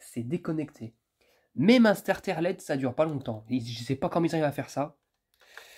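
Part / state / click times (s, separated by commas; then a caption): starter into fluorescent fixture starter socket / seated / 5.6 s. A modified LED starter is fitted into the starter socket of a salvaged OPTIMA ferromagnetic 1×13W T5 fluorescent batten. Someone talks for most of the clip, then after a pause faint handling sounds lead to a sharp click at 5.6 s. The starter has engaged correctly in its socket.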